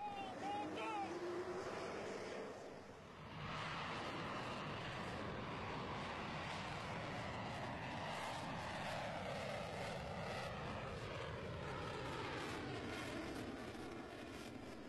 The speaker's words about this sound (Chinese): 轰鸣声中，四架战机先后腾空而起，直插云霄。